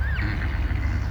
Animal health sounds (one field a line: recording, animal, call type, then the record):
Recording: contact call of a hoofed animal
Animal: Przewalski's horse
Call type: whinny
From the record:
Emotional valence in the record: positive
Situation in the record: naturally occurring affiliative interactions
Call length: 1.12 s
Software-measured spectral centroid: 1840 Hz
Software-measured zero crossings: 760 a second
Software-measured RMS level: -24 dBFS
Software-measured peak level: -14 dBFS